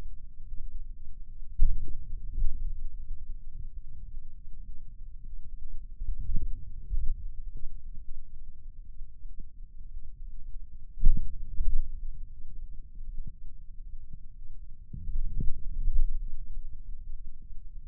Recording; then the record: forearm muscle sounds (acoustic myography)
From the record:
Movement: wrist extension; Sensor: system 2, bracelet of six BSWA MPA416 microphones around the upper forearm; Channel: 2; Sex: male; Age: 22 years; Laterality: right